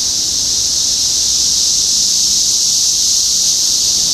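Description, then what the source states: Cicadas in a dense, level, high-pitched buzzing chorus that runs on without interruption. Several cicadas recorded in Topeka, Kansas, on 14 June 2015.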